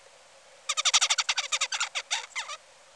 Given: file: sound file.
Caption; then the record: Song of bird #5 (55 days post-hatch).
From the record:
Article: Common Features of Neural Activity during Singing and Sleep Periods in a Basal Ganglia Nucleus Critical for Vocal Learning in a Juvenile Songbird